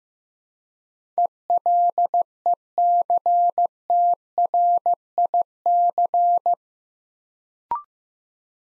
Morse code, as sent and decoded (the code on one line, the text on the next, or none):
. .-.. . -.-. - .-. .. -.-.
ELECTRIC